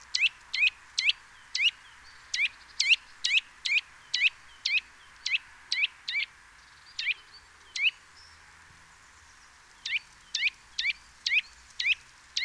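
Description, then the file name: Eurasian nuthatch calling in a rapid, persistent run of sharp rising notes, about two per second, with a pause of about two seconds late in the run before resuming. "Sitta europaea"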